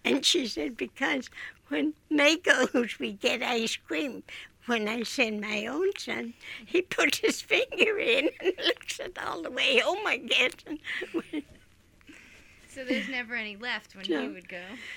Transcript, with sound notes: And she said because when Mary goes we get ice cream, when I send my own son he puts his finger in [laughs] all the way home I guess. [Laughs]
So there was never any left when he would go.